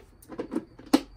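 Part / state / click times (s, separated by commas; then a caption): plastic lid onto a food storage canister / seated / 0.9 s. A plastic lid is pressed onto a lock-style food storage canister, with a few soft knocks and rubbing sounds before it. The lid snaps on with one sharp, loud click at 0.9 s and is seated.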